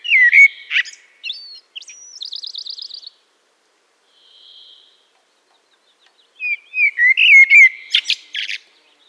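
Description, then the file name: Common blackbird song: a warbled phrase with a high chattering trill, a pause, then another mellow fluted phrase ending in sharp squeaky notes. "Turdus merula"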